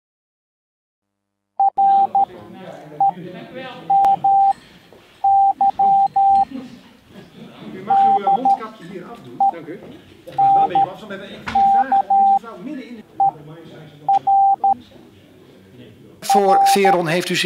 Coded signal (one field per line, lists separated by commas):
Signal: Morse code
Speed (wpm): 13 wpm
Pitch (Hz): 790 Hz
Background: speech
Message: REMY DENKER R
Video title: Radiozendamateur Denker geridderd